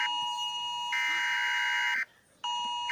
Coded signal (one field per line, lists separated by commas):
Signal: Emergency Alert System (SAME) tones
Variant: header bursts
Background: speech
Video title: African eas alarms